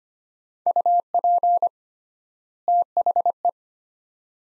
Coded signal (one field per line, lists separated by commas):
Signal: Morse code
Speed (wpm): 25 wpm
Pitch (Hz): 700 Hz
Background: none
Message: UP THE